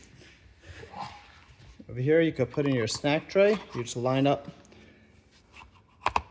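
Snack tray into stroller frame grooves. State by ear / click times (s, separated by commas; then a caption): seated / 6.1 s, 6.2 s. A plastic snack tray is lined up with the grooves on both sides of an Evenflo Transformer stroller frame and slid in until it locks. Someone talks, then sharp clicks are heard at 6.1 and 6.2 seconds as the tray snaps into place.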